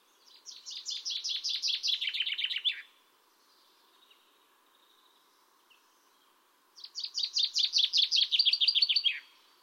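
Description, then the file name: Common chaffinch song: two bright, rattling phrases of rapid notes that drop in pitch, separated by about four seconds of quiet. "Fringilla coelebs"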